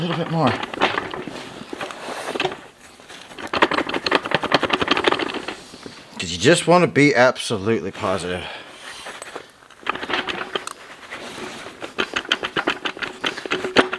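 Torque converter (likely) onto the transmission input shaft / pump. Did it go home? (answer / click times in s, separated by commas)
partly / 12.3 s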